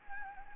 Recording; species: mosquito wingbeat signal from an infrared sensor; Anopheles gambiae